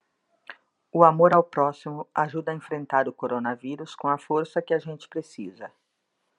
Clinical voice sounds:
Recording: spoken sentence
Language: Brazilian Portuguese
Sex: female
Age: 50 to 59 years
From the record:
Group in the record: control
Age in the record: 53 years

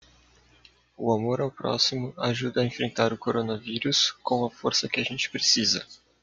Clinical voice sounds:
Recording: spoken sentence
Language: Brazilian Portuguese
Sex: male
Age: 20 to 29 years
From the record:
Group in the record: control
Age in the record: 24 years

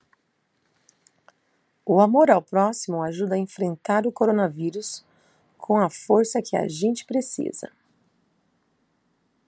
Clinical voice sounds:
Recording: spoken sentence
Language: Brazilian Portuguese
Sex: female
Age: 40 to 49 years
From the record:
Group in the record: control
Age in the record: 40 years

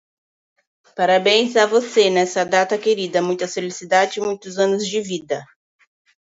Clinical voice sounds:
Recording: short text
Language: Brazilian Portuguese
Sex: female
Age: 40 to 49 years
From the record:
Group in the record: control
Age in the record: 42 years

